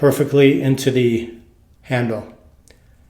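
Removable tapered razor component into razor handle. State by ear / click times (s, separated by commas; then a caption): seated / 2.7 s. Someone talks while the removable, tapered metal part of a Goodfellas Smile Syntesi stainless steel safety razor is pushed back down into the razor handle. A short, sharp click at 2.7 s marks the part locking in place so it won't come out.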